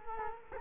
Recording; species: mosquito wingbeat signal from an infrared sensor; Culex quinquefasciatus